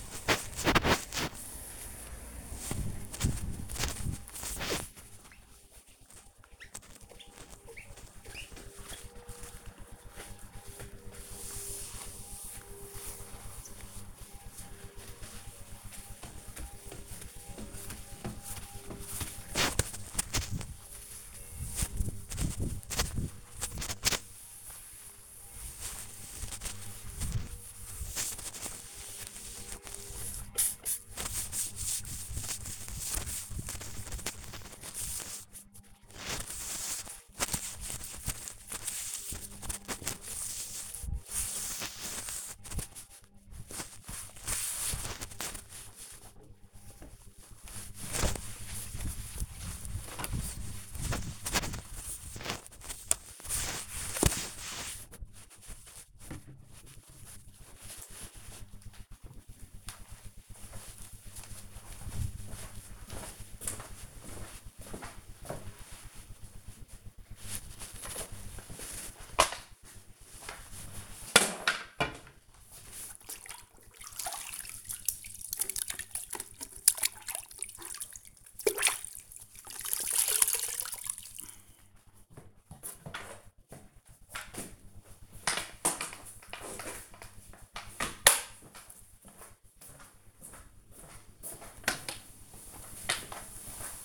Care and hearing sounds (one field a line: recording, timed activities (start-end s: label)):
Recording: household activities, microphone on the right wrist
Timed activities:
0.00-56.80 s: window cleaning
66.87-94.05 s: floor cleaning